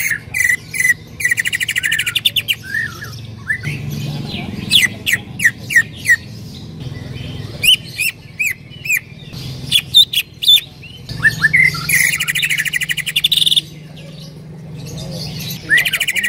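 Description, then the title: Bird song with bursts of sharp chirps and fast buzzy trills, broken by short pauses, with a low hum at times underneath. "Kicau Burung"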